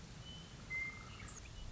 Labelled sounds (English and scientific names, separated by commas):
Western Meadowlark (Sturnella neglecta)